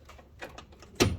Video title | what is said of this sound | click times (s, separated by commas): Step 3- Front Main Seal Replacement/ Radiator Removal Cummins 6.7 Oil Leak #repair #diesel #trucks | because it's hanging on to the rubber now i don't know if you heard that click and | 1.0 s